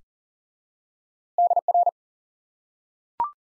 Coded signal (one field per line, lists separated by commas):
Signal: Morse code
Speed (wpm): 37 wpm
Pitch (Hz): 700 Hz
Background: none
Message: DR